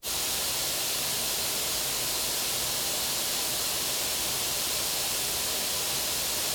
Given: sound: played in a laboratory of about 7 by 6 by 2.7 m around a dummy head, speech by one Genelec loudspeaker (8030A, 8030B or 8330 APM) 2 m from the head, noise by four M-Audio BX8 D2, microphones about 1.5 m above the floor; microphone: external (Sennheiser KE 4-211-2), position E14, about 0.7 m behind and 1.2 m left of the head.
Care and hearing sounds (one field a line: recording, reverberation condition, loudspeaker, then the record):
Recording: white noise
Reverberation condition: medium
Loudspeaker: four, about 170 cm from the corners of the room and facing them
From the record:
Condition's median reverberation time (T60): about 510 ms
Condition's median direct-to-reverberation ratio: about -0.5 dB